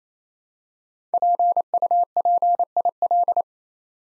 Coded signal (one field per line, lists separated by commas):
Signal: Morse code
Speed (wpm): 28 wpm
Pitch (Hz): 700 Hz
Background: none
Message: PUPIL